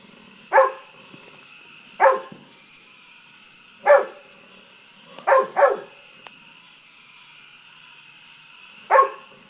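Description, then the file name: Golden retriever barking irregularly, six barks over nearly ten seconds, two coming as a quick pair, with a constant high hum in the background. Barking at fireworks at nighttime. "Golden Retriever Bud"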